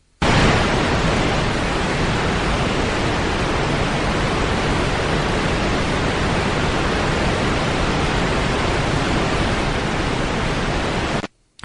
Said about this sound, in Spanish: Vamos a escuchar un sonido que se llama waterfall, o lo que es lo mismo, es como si estuviéramos escuchando una cascada.